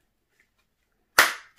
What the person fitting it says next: ça s'est enclenché